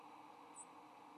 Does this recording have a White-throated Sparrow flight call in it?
no